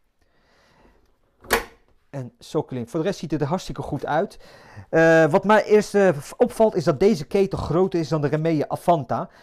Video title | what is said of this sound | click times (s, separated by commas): Remeha Avanta Ace cv ketel unboxing, uitleg en bevindingen | И след това трябва да щракнете правилно върху тази приставка. | 1.5 s